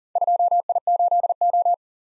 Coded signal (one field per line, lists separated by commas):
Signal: Morse code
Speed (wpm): 40 wpm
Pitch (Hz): 700 Hz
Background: none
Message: 2I8O